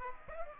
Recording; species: mosquito wingbeat signal from an infrared sensor; Aedes aegypti